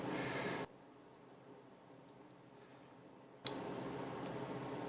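An extra wire terminal is pushed into an alternator's plastic connector housing. A burst of broad noise fades to near silence, then a single sharp click at 3.5 s is followed by steady noise. The terminal is seated in the connector.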